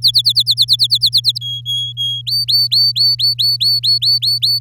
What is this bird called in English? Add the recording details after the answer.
Domestic Canary. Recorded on 8 May 2018 at 05:37. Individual llb16